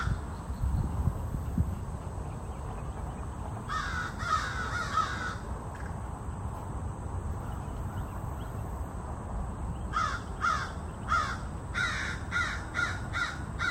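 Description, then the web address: Crows giving hoarse caws in two bouts: a short cluster after a quiet start, then a lull, then a faster run of repeated caws near the end, over low background rumble. Crows harassing a great horned owl. "scoutisland. crows harassing great horned owl"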